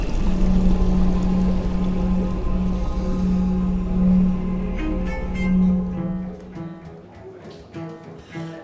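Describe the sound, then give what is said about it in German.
Water from an artificial sea swirls and rushes out into the Cloaca Maxima, carrying debris and bone splinters, in a loud, steady gurgling roar with a low droning hum, then thins out into scattered gurgles and drips as it empties. “Echte Trümmer und Knochensplitter strudeln mit dem künstlichen Meer hinaus in die Cloaca Maxima.”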